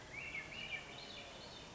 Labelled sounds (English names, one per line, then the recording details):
Swainson's Thrush
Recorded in Sonoma County, California